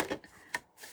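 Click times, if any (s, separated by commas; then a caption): 0.6 s. A metal heart-shaped cutting die is slid along a die-cutting machine plate and pressed into its locking slot, with a short scraping rustle at the start and a faint tick around 0.2 s. A sharp, bright click at 0.6 s marks the die seating and locking into place on the plate.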